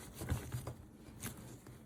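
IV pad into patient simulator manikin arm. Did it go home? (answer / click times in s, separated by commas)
no / none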